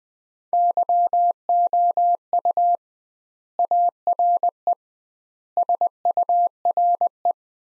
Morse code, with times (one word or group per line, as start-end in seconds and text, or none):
0.5-2.8 YOU
3.6-4.7 ARE
5.6-7.3 SURE